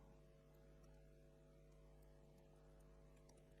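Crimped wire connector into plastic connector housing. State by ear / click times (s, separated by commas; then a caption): not seated / none. A crimped wire connector is lined up with a plastic connector housing before being pushed home. Only a steady low hum with faint, scattered ticks is heard, at an even level throughout. Nothing has seated or clicked yet.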